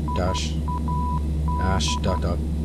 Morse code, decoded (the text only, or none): IAD